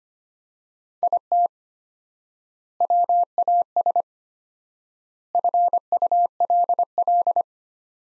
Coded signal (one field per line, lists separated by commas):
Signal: Morse code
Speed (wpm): 25 wpm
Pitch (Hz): 700 Hz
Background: none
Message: IT WAS FULL